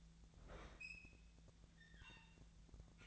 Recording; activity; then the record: daily activity, microphone in the room; open fridge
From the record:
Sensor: 3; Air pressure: 1009.7 hPa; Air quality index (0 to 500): 192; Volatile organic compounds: 15 ppm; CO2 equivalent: 2499 ppm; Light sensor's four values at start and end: 38/94/40/43 and 38/94/40/43